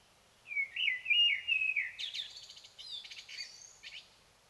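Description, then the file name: Common blackbird singing a rich, fluty warbled phrase, followed by a rapid series of thin, high, scratchy twitters and squeaks that trail off. "Turdus merula"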